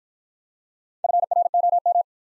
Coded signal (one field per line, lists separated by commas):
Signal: Morse code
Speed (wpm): 50 wpm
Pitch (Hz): 700 Hz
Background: none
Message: FROM